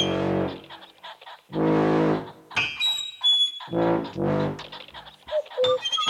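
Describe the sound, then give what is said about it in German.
A voice imitates a pheasant call: several loud, drawn-out, throaty cries in an uneven rhythm, broken by brief higher squeaks and chirps. “Der Fasan.”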